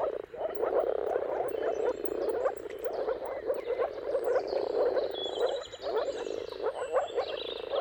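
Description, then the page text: Moor frogs keep up a steady, dense chorus of low gurgling calls, with birds twittering and whistling in the background. Chorus of many moor frogs giving mating calls at sunrise, turn of March and April, timing depending on weather. "Jakub-Orzecki moor frogs. Dawn’s Chorus: Mating Calls of Marsh Frogs at Sunrise. Depending on the weather at the turn of March and April, you can witness an amazing spectacle of moor frogs"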